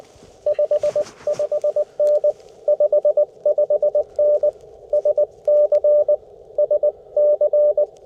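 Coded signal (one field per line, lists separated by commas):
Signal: Morse code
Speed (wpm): 22 wpm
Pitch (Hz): 600 Hz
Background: none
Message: 55N 55N SC SC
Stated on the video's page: CW sent with a 1928 Vibroplex Lightning bug during a cold-weather QRP park activation; imperfect bug fist.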